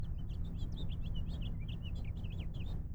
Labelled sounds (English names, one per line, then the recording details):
House Finch song
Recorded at Oceanside on Long Island, New York, on 17 June 1975
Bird E